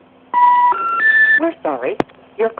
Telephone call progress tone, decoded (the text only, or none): special information tone